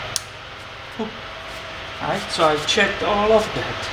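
A hose fitting or connector under the hood of a V6 Toyota Highlander, being checked for pulled or broken pieces over codes P0171 and P0174, is pushed in and gives a single sharp click at 0.16 s as it seats into place. Someone then talks.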